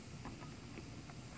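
The manual lock mechanism in the small hole on the side edge of a 2017 Ford Fusion's door is being turned by hand, needed because the power lock actuator has failed. Only a steady low rumble with faint, soft scraping bursts is heard, with no sharp sounds. Nothing has clicked into the locked position yet.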